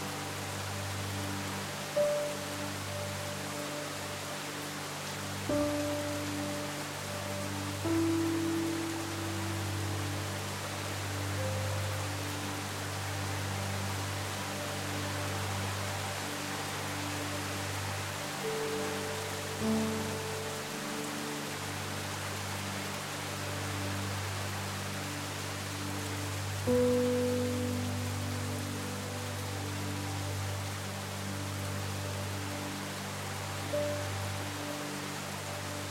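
Soft, slow piano notes drift now and then over a steady, dense hard rain, with a low constant rumble underneath.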